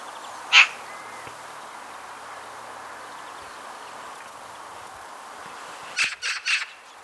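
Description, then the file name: Eurasian magpie: one loud harsh note, a long pause, then a quick rattling burst of three rasping notes over quiet background hiss. "Pica pica"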